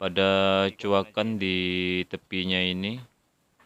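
A retaining clip is being handled and pressed toward the groove at the edge of a Honda motorcycle's front fork tube, above the new oil seal. Someone talks throughout, and a faint short sound comes at 3.6 s as the speech ends. Nothing has seated or clicked yet.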